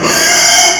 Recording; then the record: squeal of a Yucatan mini pig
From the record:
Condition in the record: before surgery on the right vocal fold (resection and tissue-engineered implant); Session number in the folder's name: 2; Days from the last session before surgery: 0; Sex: male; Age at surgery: 12 weeks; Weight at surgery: 13 kg